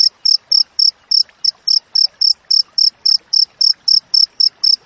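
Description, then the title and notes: Cricket chirps, shrill and evenly paced near four per second, a short uneven gap early on, faint background noise. Wild cricket chirping with close, tight spacing between chirps, used as training audio for songbirds and for repelling rats. "Masteran Jangkrik Alam Jernih, Jeda Rapat Cocok Untuk Masteran Burung Dan Mengusir Tikus. suara jangkrik"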